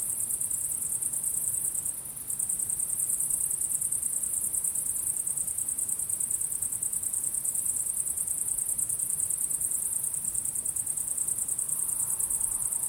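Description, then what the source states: Crickets chirping in a dense chorus, a steady high shimmering trill with only a brief dip, and a faint low rumble underneath throughout. Crickets calling at sunset.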